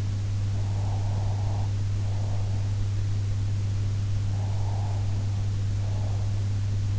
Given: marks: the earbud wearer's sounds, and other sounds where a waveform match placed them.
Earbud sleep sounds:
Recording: sounds in sleep by an in-ear microphone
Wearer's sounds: breath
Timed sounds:
0.53-2.91 s: breath
4.22-6.56 s: breath

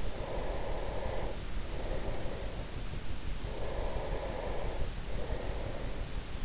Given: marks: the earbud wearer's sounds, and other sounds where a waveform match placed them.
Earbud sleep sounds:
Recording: sounds in sleep by an in-ear microphone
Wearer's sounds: breath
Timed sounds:
0.00-3.01 s: breath
3.41-6.22 s: breath

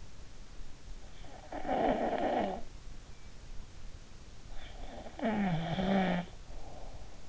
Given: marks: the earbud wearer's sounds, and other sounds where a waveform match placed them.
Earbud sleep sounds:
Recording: sounds in sleep by an in-ear microphone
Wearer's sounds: snoring breath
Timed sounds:
1.44-2.65 s: snoring breath
4.95-6.64 s: snoring breath

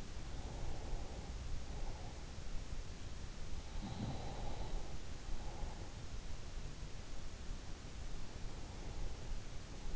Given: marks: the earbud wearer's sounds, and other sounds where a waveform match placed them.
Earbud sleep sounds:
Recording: sounds in sleep by an in-ear microphone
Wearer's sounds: breath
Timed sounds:
0.00-2.44 s: breath
3.72-6.24 s: breath
3.73-5.01 s: sound from someone else or the room

